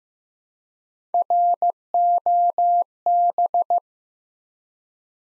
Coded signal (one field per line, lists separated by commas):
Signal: Morse code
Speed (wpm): 15 wpm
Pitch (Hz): 700 Hz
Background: none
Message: ROB